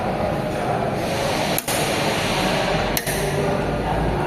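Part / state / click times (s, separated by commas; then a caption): torque wrench on a bolt / torque reached / 3.0 s. A torque wrench is fitted on a bolt and tightened against a steady broadband background noise, with a short sharp hit at about 1.6 s. A louder, sharper click follows at 3.0 s, showing the wrench has reached its preset torque of 5 kg.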